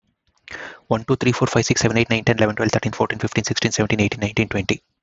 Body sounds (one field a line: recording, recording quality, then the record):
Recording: counting at a fast pace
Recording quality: excellent, no background noise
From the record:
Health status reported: healthy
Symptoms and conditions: hypertension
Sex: male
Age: 50 years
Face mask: not worn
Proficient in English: yes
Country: India